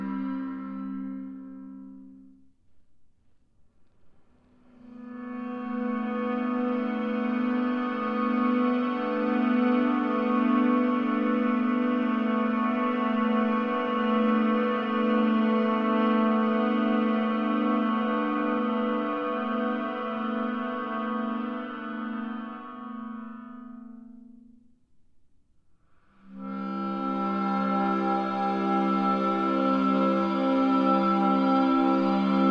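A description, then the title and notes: A harmonica is played with long breaths in and out, each held tone lasting many seconds. One note fades by about two seconds, a steady chord swells in near five and holds to twenty-five, and another begins near twenty-six. The tones are reedy, with a faint low rumble beneath. Breathing in and out of a harmonica.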